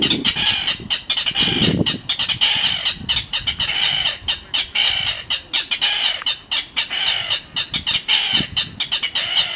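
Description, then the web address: Mangrove rail calling in a fast, rough clatter of repeated dry notes, kept up almost without pause, over a low rumbling background noise. "Mangrove rail. صدای پرنده یلوه حرا"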